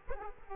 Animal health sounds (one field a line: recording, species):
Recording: mosquito wingbeat signal from an infrared sensor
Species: Aedes aegypti